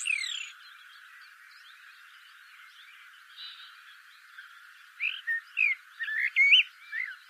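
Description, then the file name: Eurasian blackbird giving a brief opening burst, then after a quiet stretch a quick run of short warbled notes near the end. "Turdus merula"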